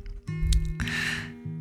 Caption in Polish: Słyszycie, jak ktoś chrapie? To jest mój pies. Chrapanie Joby.